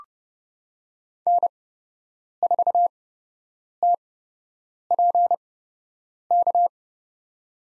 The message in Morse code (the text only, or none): N4TPK